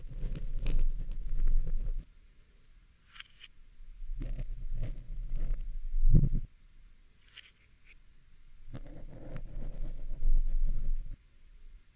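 A pin is plucked and handled against a microphone in bursts of low rumbling scrapes, with short bright clicks and quiet gaps between.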